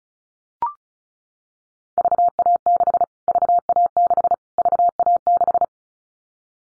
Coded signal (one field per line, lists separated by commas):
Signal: Morse code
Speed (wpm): 34 wpm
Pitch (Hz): 700 Hz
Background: none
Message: VA6 VA6 VA6